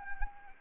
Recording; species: mosquito wingbeat signal from an infrared sensor; Anopheles arabiensis